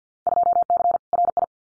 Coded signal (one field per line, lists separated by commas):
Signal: Morse code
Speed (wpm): 50 wpm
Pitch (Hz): 700 Hz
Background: none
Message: 2C RI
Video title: Field Day Exchange Encore 50wpm